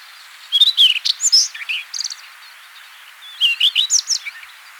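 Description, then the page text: Rufous-tailed Scrub Robin song: two bursts of varied whistled and scratchy phrases, slurred notes mixed with brief buzzy clicks, separated by a pause of about one second. "Rufous-Tailed Scrub Robin Song. Quick Sounds"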